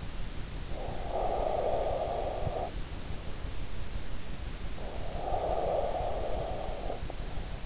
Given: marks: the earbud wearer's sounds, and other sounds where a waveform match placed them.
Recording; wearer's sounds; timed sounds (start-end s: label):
sounds in sleep by an in-ear microphone; breath
0.56-2.98 s: breath
4.53-7.65 s: breath